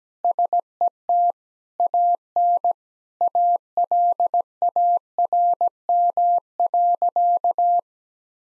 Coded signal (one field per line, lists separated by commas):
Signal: Morse code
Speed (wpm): 17 wpm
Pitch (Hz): 700 Hz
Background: none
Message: SET AN ALARM.